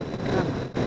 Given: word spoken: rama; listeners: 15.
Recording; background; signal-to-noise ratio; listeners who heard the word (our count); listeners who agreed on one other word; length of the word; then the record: one Spanish word in noise, from a listening test; noise modulated by three-talker babble; -4.5 dB; 0 of 15; 10 of 15; 0.47 s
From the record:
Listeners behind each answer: 10, 1, 1, 1, 1, 1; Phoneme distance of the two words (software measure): 10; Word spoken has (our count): 2 syllables, 4 phonemes, stress on syllable 1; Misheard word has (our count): 2 syllables, 4 phonemes, stress on syllable 1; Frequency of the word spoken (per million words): 21.64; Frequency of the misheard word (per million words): 100.47